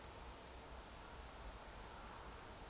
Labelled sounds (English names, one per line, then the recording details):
Eurasian Woodcock whistle
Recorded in Baden-Württemberg, Germany, on 29 June 2020 at 02:30 UTC
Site 43791, 788 m above sea level